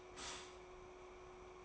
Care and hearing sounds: daily activity, microphone in the room; stop toaster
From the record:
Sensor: 1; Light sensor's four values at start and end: 3/8/3/3 and 3/8/3/3

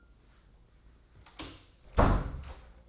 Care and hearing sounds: daily activity, microphone in the room; close door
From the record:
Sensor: 3

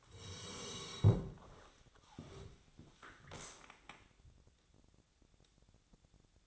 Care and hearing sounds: daily activity, microphone in the room; sit down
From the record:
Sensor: 3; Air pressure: 1000.4 hPa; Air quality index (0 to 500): 171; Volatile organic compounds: 3 ppm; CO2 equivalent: 1494 ppm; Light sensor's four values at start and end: 13/30/13/13 and 13/30/13/13

